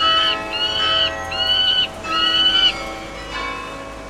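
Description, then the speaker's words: Peregrine Falcon calling with drawn-out, harsh wailing notes, several long calls in quick succession followed by a fainter one, over a constant low hum. Bird found in the cities of the region; LPO Nord installed a peregrine falcon nest box at the top of the Douai belfry. "Vous venez d'entendre le cri du faucon pèlerin, un oiseau que nous pouvons retrouver dans les villes de notre région."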